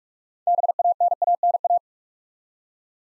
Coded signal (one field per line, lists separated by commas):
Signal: Morse code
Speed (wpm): 44 wpm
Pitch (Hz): 700 Hz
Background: none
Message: BANANA